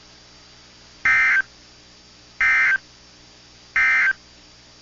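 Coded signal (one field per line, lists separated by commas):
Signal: Emergency Alert System (SAME) tones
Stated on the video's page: Severe thunderstorm and tornado alerts from weather radio stations KIH42, KIH35, KEC56 and KHB32.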